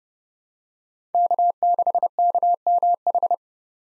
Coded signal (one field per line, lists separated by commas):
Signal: Morse code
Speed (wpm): 29 wpm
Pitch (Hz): 700 Hz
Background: none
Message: K6KMH